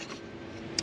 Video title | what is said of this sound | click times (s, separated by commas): Unboxing The New Honda Motocompacto! | but you'll hear this again click | 0.8 s